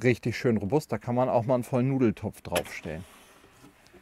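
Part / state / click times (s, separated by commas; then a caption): fold-out worktop flap into its magnetic catch on the camper kitchen unit / not seated / none. Someone talks over the fold-out worktop extension on a camper van's kitchen unit, a flap held shut by a magnetic strip rather than a clip mechanism. Speech fills most of the clip, then it goes quiet with only a faint tick near the end. The flap is handled but has not snapped shut yet; nothing has seated.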